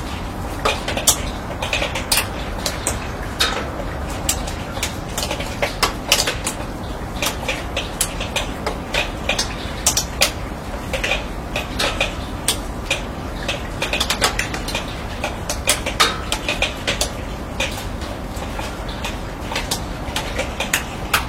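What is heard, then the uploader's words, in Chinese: Rain drips onto a steel canopy, a constant scatter of sharp metallic ticks and taps over a steady hiss. The hits come densely and irregularly throughout, with some louder, brighter plinks standing out, and the overall level holds even for the whole stretch. 雨水滴落在钢铁顶棚。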